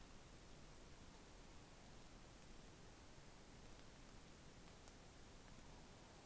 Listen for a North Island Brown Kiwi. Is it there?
no